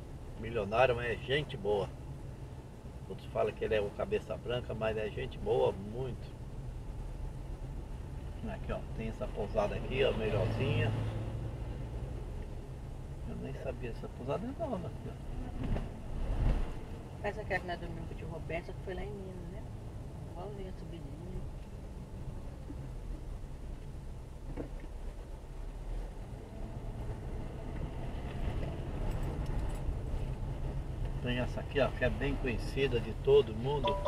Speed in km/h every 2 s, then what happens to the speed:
12, 13, 14, 14, 13, 13, 10, 13, 13, 13, 10, 8, 8, 13, 18, 16, 14.
0-24 steady at about 13. 24-28 speeds up to 18. 28-34 steady at about 16.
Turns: none.